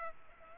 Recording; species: mosquito wingbeat signal from an infrared sensor; Culex pipiens